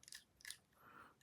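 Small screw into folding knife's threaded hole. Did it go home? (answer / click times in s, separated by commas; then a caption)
no / none. A small screw is tried in a folding knife's threaded hole, giving faint, quick taps around 0.0–0.1 s and 0.5 s, then a soft, drawn-out scrape near 1.0 s. The screw will not catch because the threads are stripped out, so nothing has seated or clicked yet.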